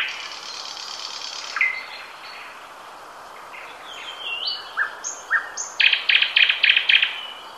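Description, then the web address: Nightingale singing varied whistles and short rising notes, then a rapid run of harsh repeated rattling notes, with constant background hiss. "ljud Luscinia"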